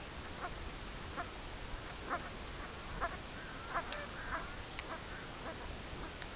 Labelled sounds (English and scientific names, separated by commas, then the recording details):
unidentified sound, Red-throated Loon (Gavia stellata), Lapland Longspur (Calcarius lapponicus)
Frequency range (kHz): Red-throated Loon (Gavia stellata) 0.5-2.3 kHz; Lapland Longspur (Calcarius lapponicus) 3.8-5.7 kHz
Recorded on Arctic tundra, site CORI-1, on 16 June 2018
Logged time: 14:00